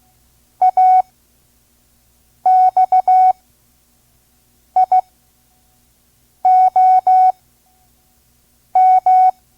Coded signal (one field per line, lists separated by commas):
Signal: Morse code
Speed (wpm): 16 wpm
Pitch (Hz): 740 Hz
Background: none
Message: AXIOM